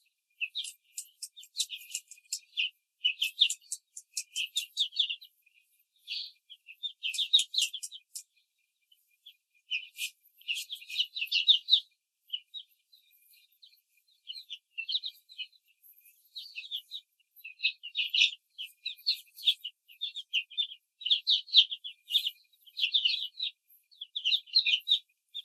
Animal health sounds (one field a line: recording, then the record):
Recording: young laying hens in a cage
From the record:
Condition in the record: control cage, before the stress test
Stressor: none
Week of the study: 4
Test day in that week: 1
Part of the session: 1